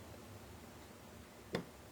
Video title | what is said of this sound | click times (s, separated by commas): Seecamp LWS 32 maintenance | and you'll hear a click and what'll happen is the Magazine spring will force the slide up | 1.6 s